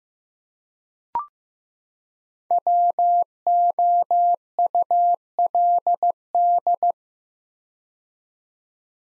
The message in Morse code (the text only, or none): WOULD